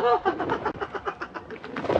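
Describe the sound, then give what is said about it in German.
A pigeon coos briefly at the start, then a quick, steady run of soft fluttering beats like flapping wings carries on for a couple of seconds at moderate loudness. “Danke, vielen herzlichen Dank, liebe Taube.”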